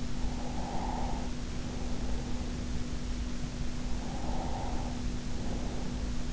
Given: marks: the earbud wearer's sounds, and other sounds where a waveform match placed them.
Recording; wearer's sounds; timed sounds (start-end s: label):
sounds in sleep by an in-ear microphone; breath
0.17-2.50 s: breath
3.75-5.99 s: breath